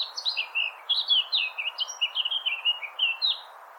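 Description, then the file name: Eurasian blackcap warbling song, a continuous run of quick varied chirping notes rising and falling, over a steady background hiss. "Sylvia atricapilla"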